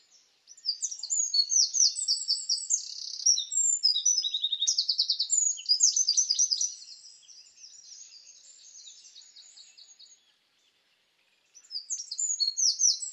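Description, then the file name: Eurasian wren singing a long, vigorous series of high trills and sharp notes, fading to faint twittering, then a fresh loud phrase starts. "Troglodytes troglodytes"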